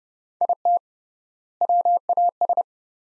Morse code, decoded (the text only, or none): IT WAS